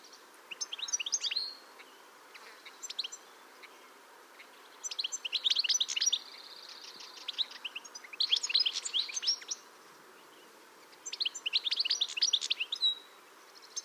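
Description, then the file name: European goldfinch twittering in five short, rapid bursts of high tinkling notes and brief buzzes, with quiet gaps between and a soft background hiss. "Carduelis carduelis"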